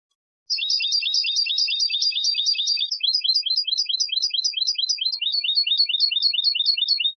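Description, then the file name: European goldfinch giving a long run of rapid, bright chirps for several seconds, denser in the first half, with no other sounds. "Carduelis carduelis"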